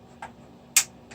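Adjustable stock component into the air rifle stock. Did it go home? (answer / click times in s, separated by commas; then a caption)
yes / 0.8 s. The adjustable piece of a Hatsan Dominator 200s .22 air rifle carbine's stock is moved by hand into the stock, with a faint tick near 0.2 s before a sharp, bright click at 0.8 s and a softer tick near 1.1 s. The piece is seated and locks in place so it cannot be moved.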